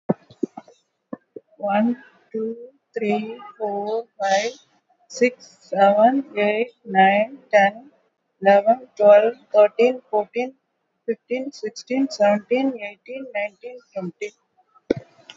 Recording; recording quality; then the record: counting at a normal pace; excellent, no background noise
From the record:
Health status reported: recovered from COVID-19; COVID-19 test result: positive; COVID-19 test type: RT-PCR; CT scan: taken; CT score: 12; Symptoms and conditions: cough, fever, fatigue, another condition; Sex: female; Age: 65 years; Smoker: no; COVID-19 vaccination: both doses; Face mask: not worn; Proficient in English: yes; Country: India